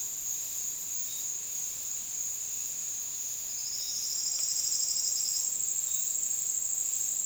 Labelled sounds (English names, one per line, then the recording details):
none
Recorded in dense forest near Puerto Asís, Putumayo, Colombia, on 21 February 2024 at 07:30
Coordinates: 0.499, -76.324
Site G6469